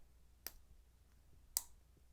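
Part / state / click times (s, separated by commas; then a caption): piston knob into the fountain pen barrel mechanism / seated / 0.5 s, 1.6 s. The piston filler knob on a plastic Lanbitou 3059 fountain pen is turned, and a small detent clicks sharply at 0.5 s and again, louder, at 1.6 s against faint background hiss. Each click engages the knob into the barrel mechanism right before the piston moves, so it can't be engaged by accident and spill ink.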